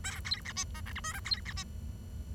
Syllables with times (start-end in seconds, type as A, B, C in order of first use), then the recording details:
0.04-0.20 A, 0.25-0.41 B, 0.45-0.52 C, 0.57-0.64 D, 0.74-0.81 E, 0.86-0.92 F, 0.95-1.00 G, 1.04-1.13 H, 1.13-1.20 I, 1.25-1.41 B, 1.45-1.53 C, 1.56-1.63 D. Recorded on 23 June 2012 at 09:22. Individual gr41rd51